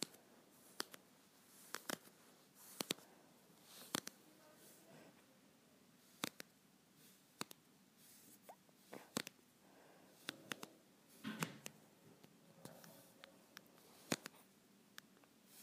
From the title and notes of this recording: ASMR Scratching my Leggings.